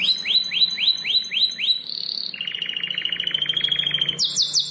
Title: Ciblek Sawah 1